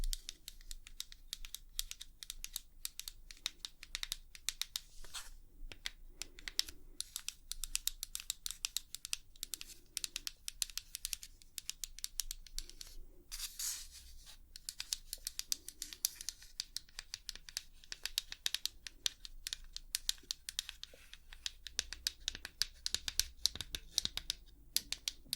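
Rapid, crisp tapping runs without pause for the whole stretch, a dense and slightly uneven flurry of sharp clicks much like fast typing. Every few seconds a soft, dull knock sits under the taps, and a faint low hum stays beneath throughout.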